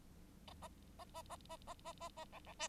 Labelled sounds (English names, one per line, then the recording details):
Bengalese Finch song
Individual Bird9